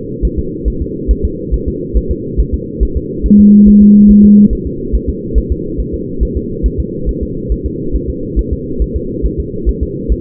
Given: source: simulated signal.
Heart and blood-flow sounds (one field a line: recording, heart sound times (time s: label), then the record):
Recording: fetal heart sounds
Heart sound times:
0.25 s: S1
0.39 s: S2
0.68 s: S1
0.82 s: S2
1.11 s: S1
1.25 s: S2
1.54 s: S1
1.68 s: S2
1.97 s: S1
2.11 s: S2
2.40 s: S1
2.54 s: S2
2.83 s: S1
2.97 s: S2
3.26 s: S1
3.40 s: S2
3.68 s: S1
3.82 s: S2
4.11 s: S1
4.25 s: S2
4.53 s: S1
4.67 s: S2
4.95 s: S1
5.09 s: S2
5.38 s: S1
5.52 s: S2
5.80 s: S1
5.94 s: S2
6.23 s: S1
6.37 s: S2
6.66 s: S1
6.80 s: S2
7.09 s: S1
7.23 s: S2
7.52 s: S1
7.66 s: S2
7.96 s: S1
8.10 s: S2
8.39 s: S1
8.53 s: S2
8.82 s: S1
8.96 s: S2
9.26 s: S1
9.40 s: S2
9.69 s: S1
9.83 s: S2
10.12 s: S1
From the record:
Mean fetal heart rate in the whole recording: 140 bpm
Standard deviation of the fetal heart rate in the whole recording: 2 bpm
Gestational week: 34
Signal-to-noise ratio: -6.6 dB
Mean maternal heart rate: 72 bpm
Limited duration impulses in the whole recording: present